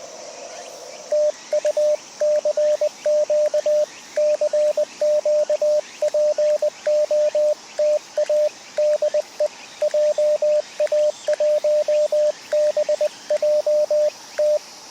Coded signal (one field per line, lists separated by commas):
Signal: Morse code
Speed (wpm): 20 wpm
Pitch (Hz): 590 Hz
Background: radio noise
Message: TU CQ CQ POTA DE JA1BJT